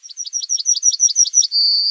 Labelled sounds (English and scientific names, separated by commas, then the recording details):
Yellowhammer (Emberiza citrinella) song
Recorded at under 5 m from the bird
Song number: 153